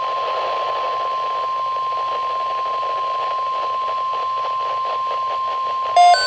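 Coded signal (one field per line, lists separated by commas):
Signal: Emergency Alert System (SAME) tones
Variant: 1050 Hz attention tone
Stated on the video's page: Severe thunderstorm watch alert on a NOAA Weather Radio station for Brunswick, Lunenburg and Mecklenburg, Virginia.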